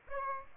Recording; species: mosquito wingbeat signal from an infrared sensor; Aedes aegypti